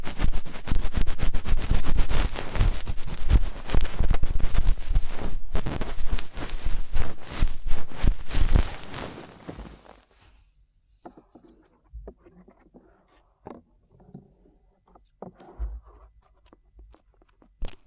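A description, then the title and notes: Ear cleaning with dense, fast crunching and scratching that fills the first nine seconds in rapid, bright bursts. Around ten seconds it drops away sharply, leaving quiet, scattered rubs and clicks with near silence between them until the end. ASMR Fast & Intense Ear Cleaning 3Dio (No Talking).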